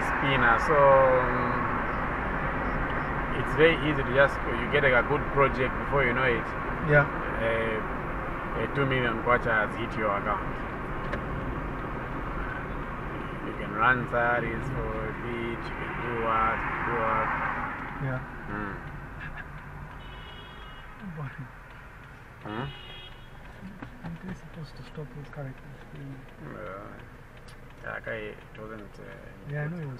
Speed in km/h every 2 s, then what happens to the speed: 63, 63, 63, 61, 57, 52, 47, 42, 31, 19, 5, 0, 0, 0, 0.
0-6 steady at about 63. 6-21 brakes to 0. 21-30 standing.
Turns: none.